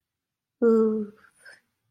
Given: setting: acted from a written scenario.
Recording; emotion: vocal sound without words; embarrassment